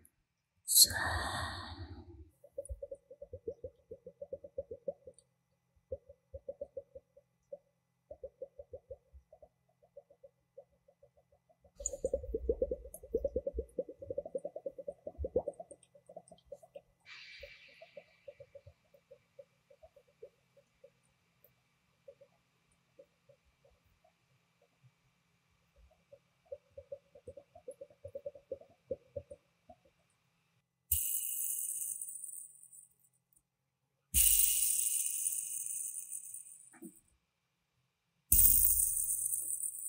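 Fingernails slide and tap softly along a blue tube, a dry ticking that comes in bursts through much of the clip, densest around 12 to 15 seconds. Near the start, and again in three sharp bright rushes after 30 seconds, harsher scraping sounds break in.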